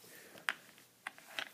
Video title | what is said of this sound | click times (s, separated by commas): Bear Grylls Ultimate Survival Knife and Sheath Wear and Tear Review | and uh believe it or not despite the fact that everything is all worn out still locks in place just fine | 0.5 s